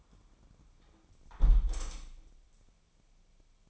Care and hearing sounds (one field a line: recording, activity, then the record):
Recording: daily activity, microphone in the room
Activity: close window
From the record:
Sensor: 1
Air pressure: 1000.5 hPa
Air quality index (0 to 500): 177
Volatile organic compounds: 4 ppm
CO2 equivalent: 1630 ppm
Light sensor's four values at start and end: 10/24/10/12 and 10/24/10/11